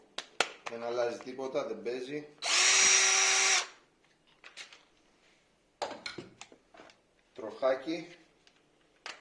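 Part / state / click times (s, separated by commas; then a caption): third-party 20 V battery pack into a cordless angle grinder / not seated / none. A third-party 20 V Bormann battery pack is handled against a small cordless Parkside angle grinder while someone talks, with sharp knocks early on and a loud motor whine from about 2.4 to 3.7 s. Further handling taps and clatters follow. The clip ends before the battery goes home, so nothing has seated or clicked yet.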